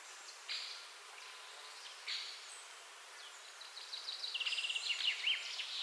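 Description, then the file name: Eurasian blackcap song: a couple of short isolated notes, then a fast, scratchy, twittering warble building toward the end over soft background hiss. "Sylvia atricapilla"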